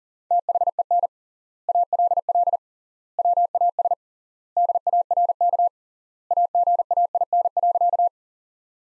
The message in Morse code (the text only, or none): THEN ALL WAS DARK AGAIN.